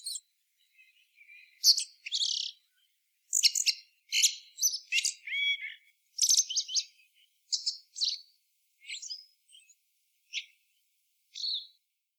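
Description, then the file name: Eurasian blackbird giving high, scratchy twittering bursts with a few brief whistled slurs, repeated after short silences. "Turdus merula"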